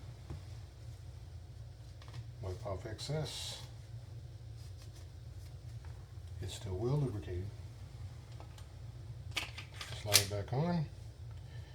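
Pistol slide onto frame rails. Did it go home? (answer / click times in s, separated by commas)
partly / 9.4 s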